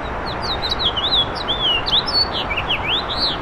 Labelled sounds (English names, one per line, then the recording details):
House Finch song
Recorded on Long Island, New York, on 7 June 2012
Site SU
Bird B